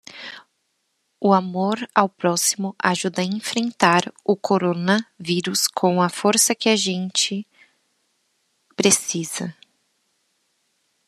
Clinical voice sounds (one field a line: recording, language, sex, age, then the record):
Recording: spoken sentence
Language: Brazilian Portuguese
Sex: female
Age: 20 to 29 years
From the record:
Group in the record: control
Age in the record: 24 years